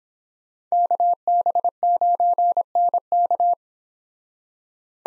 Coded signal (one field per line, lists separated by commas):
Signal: Morse code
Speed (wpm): 29 wpm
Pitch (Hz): 700 Hz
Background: none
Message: KB9NK